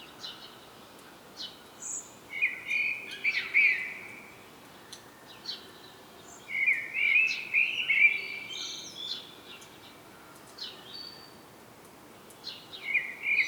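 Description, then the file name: Common blackbird song: soft high twitters, then rich warbling phrases broken by thin squeaky notes, with pauses between phrases and a final phrase at the end. "Turdus merula"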